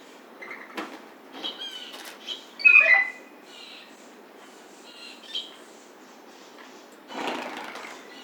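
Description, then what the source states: Blue jay notes, mostly faint, with one louder harsh call in the middle and a noisy burst near the end. Recorded 28 July 2009.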